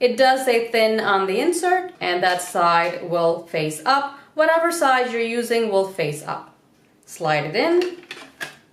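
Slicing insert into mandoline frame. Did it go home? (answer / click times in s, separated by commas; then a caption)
no / none. Someone talks while the plastic slicing insert of a Swissmar Borner V 1001 V Slicer Plus mandoline, thin side facing up, is handled and slid toward the mandoline's V-frame. Two brief sharp handling sounds occur near the end, at about 8.1 s and 8.4 s. Nothing has seated or clicked yet; the insert is not yet locked into the frame.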